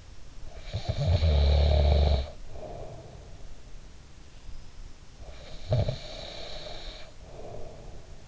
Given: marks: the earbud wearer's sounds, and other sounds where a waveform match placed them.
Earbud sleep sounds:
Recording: sounds in sleep by an in-ear microphone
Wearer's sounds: snoring breath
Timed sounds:
0.53-3.52 s: snoring breath
5.08-8.28 s: snoring breath

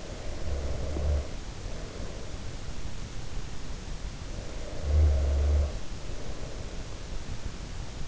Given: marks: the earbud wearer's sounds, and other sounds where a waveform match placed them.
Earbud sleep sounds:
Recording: sounds in sleep by an in-ear microphone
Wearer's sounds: snoring breath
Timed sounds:
0.00-3.42 s: snoring breath
4.63-7.88 s: snoring breath

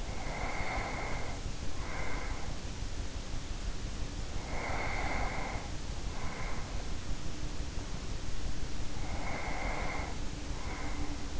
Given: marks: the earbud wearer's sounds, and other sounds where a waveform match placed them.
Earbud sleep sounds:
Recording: sounds in sleep by an in-ear microphone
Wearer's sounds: breath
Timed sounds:
0.00-2.82 s: breath
4.06-7.05 s: breath
8.93-11.40 s: breath

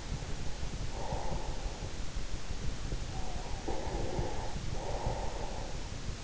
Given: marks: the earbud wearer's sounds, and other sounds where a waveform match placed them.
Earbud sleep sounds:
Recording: sounds in sleep by an in-ear microphone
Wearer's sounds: breath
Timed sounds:
0.81-2.11 s: breath
3.02-5.62 s: breath

